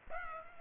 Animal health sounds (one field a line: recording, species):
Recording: mosquito wingbeat signal from an infrared sensor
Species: Culex pipiens